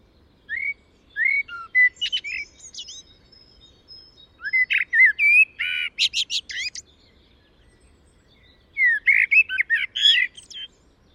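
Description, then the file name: Common blackbird singing a series of short phrases that mix mellow whistled notes with rapid, high scratchy twitters, in three bursts over a quiet background. "Turdus merula"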